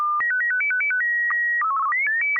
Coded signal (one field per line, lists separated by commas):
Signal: SSTV (slow-scan television)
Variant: Martin 1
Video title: N6NA SSTV Net - 11/18/2020